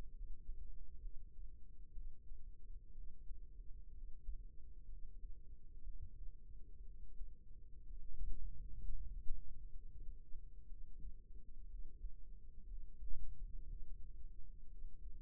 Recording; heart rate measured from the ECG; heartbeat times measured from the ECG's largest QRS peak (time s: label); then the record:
heart sounds by microphone in the right ear; 62 bpm
0.11 s: heartbeat
0.98 s: heartbeat
1.91 s: heartbeat
2.91 s: heartbeat
3.91 s: heartbeat
4.86 s: heartbeat
5.81 s: heartbeat
6.81 s: heartbeat
7.83 s: heartbeat
8.77 s: heartbeat
9.69 s: heartbeat
10.65 s: heartbeat
11.66 s: heartbeat
12.64 s: heartbeat
13.64 s: heartbeat
14.66 s: heartbeat
From the record:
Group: healthy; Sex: female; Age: 37 years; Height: 168 cm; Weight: 70 kg